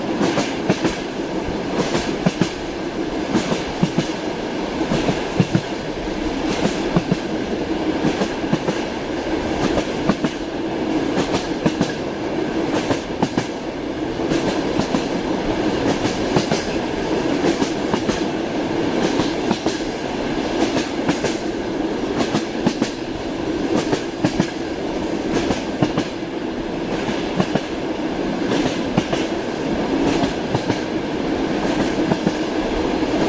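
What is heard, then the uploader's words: A train rolls along with a steady, dense rumble that fills the whole 33 seconds at an even level. Frequent rhythmic clicks and clacks from the wheels run through it, over a low, full hum with a brighter hiss on top. Train Sounds Ambient White Noise Soundscape.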